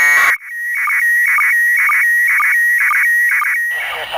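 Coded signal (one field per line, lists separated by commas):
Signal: SSTV (slow-scan television)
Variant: PD 120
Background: speech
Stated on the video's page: SSTV from the International Space Station during a school contact, received on 145.800 MHz FM over Europe.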